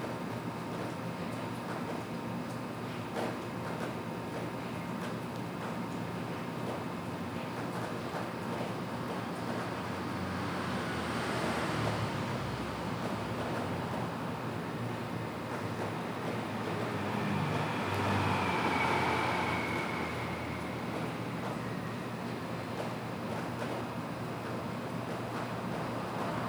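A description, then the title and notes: A city at night settles into a steady, dense hum of traffic. Passing vehicles swell louder around the eleventh second and again near the nineteenth, the second bringing a brief high whine before the low, even rumble returns. When the city slowly falls asleep. PingTung, Taiwan.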